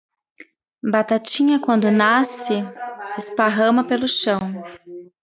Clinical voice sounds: short text; Brazilian Portuguese; female; 40 to 49 years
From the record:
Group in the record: control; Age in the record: 43 years

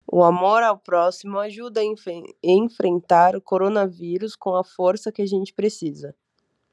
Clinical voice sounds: spoken sentence; Brazilian Portuguese; female; 20 to 29 years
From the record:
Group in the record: control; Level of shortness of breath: 1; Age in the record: 25 years

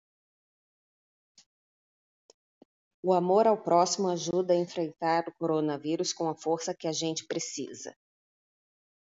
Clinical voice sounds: spoken sentence; Brazilian Portuguese; female; 40 to 49 years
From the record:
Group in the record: control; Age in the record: 46 years

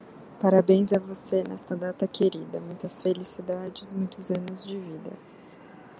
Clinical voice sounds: short text; Brazilian Portuguese; female; 20 to 29 years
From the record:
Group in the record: control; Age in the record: 29 years

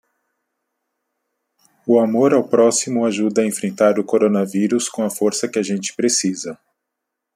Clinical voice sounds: spoken sentence; Brazilian Portuguese; male; 40 to 49 years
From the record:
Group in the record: control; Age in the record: 47 years

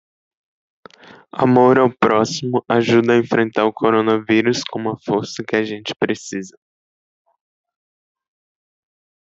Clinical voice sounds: spoken sentence; Brazilian Portuguese; male; 18 to 19 years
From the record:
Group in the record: control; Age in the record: 19 years

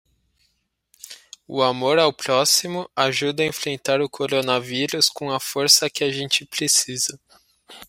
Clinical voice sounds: spoken sentence; Brazilian Portuguese; male; 20 to 29 years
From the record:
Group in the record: control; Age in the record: 24 years

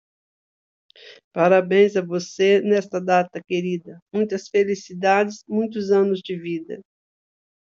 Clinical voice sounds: short text; Brazilian Portuguese; female; 60 to 69 years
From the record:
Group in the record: control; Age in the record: 63 years

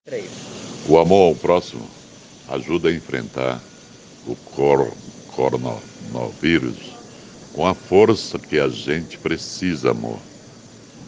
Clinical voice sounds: spoken sentence; Brazilian Portuguese; male; 60 to 69 years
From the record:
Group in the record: respiratory insufficiency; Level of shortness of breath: 5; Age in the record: 68 years

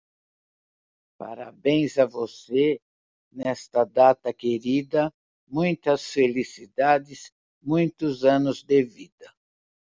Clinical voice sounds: short text; Brazilian Portuguese; female; 70 to 79 years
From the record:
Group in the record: control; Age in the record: 70 years

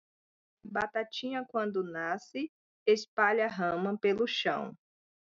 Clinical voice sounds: short text; Brazilian Portuguese; female; 40 to 49 years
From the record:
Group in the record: control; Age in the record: 40 years

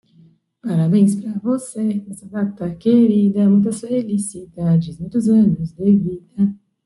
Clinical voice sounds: short text; Brazilian Portuguese; female; 30 to 39 years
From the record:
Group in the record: control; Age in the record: 30 years

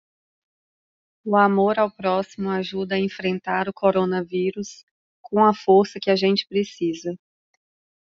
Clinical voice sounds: spoken sentence; Brazilian Portuguese; female; 30 to 39 years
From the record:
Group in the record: control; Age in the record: 34 years

